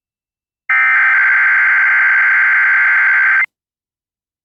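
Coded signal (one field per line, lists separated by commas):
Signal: Emergency Alert System (SAME) tones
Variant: header bursts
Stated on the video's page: Tsunami warning for Hawaii received on radio station WJON.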